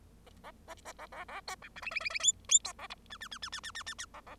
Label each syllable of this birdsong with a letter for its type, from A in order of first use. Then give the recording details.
A A B B A A A C D E F F F F G G C A H I I I I I I I I I A A. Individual Bird0